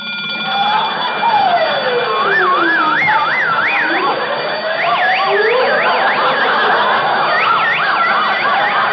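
A safe alarm goes off as the safe is opened without the alarm turned off, blaring a loud, continuous siren of rapid warbling tones mixed with rising and falling whoops, sounding steadily for the whole stretch with no one talking.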